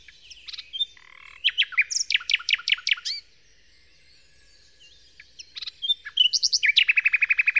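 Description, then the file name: Common nightingale singing varied phrases: scattered whistles, then a fast run of repeated notes, a pause, and another rapid repeated trill near the end. Song, Kent, 2008. "nightingale-song-recorded-in-kent-2008-by-phil-riddett"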